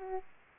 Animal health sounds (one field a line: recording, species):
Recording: mosquito wingbeat signal from an infrared sensor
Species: Aedes aegypti